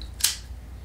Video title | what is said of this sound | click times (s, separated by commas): The Ulanzi Hummingbird / claw Quick Release System review | And this one just clicks in place with a nice snap. | 0.2 s